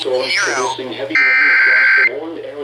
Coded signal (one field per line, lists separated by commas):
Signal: Emergency Alert System (SAME) tones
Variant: header bursts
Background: speech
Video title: Flash Flood Warning (EAS #155)